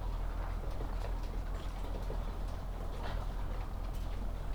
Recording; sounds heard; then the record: poultry house recording; sick chickens (respiratory disease)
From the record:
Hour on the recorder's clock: 7